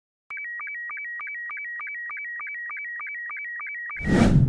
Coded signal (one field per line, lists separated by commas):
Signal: SSTV (slow-scan television)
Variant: Robot 72